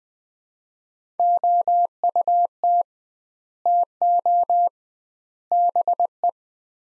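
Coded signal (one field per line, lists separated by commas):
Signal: Morse code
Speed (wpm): 20 wpm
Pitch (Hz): 700 Hz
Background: none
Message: OUT TO BE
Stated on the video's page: Morse practice at 20 wpm, sets of three words for head-copy, sent with 2x word spacing, a Farnsworth-like approach applied to words.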